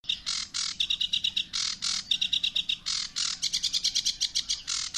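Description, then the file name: Bird chirping song: bursts of high, bright twittering notes with quick repeated trills in between. A broken, lively rhythm with short pauses and no other clear sounds. "sebetanie ptic"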